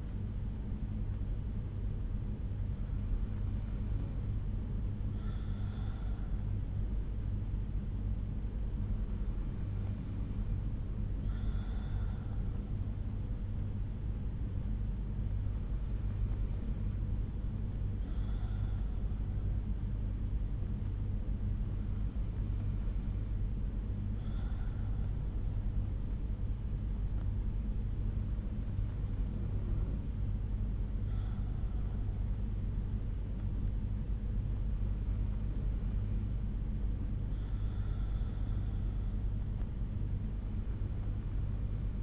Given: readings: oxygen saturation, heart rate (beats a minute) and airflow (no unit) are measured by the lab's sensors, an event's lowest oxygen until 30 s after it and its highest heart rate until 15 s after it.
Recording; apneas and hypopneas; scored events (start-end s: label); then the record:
breathing in sleep by a smartphone at the bedside; none
none scored
From the record:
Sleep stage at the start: N2 (light sleep); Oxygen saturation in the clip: 93%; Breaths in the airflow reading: 7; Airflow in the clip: -4.9 to 3.4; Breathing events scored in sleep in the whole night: 368 in 8.0 hours asleep